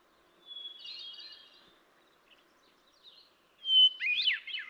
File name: Hermit Thrush